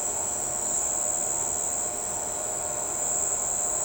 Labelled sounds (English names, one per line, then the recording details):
none
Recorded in shrubland near Pivijay, Magdalena, Colombia, on 16 April 2023 at 05:00
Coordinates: 10.453, -74.365
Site P5-G022